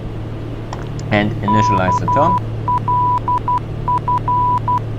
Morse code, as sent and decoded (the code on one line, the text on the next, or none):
-.- .-.. ..-.
KLF